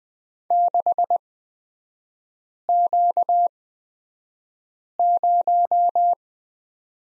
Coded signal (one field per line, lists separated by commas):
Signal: Morse code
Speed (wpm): 20 wpm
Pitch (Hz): 700 Hz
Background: none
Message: 6Q0